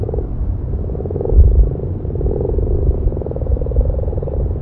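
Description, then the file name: Common frog chorus of overlapping low purring croaks running almost without pause, under a constant deep rumbling background. "grasfrosch"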